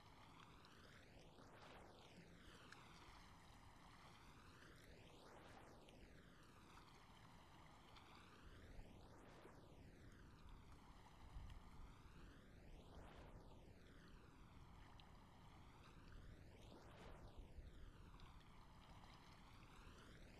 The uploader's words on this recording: 8D Windy Lake.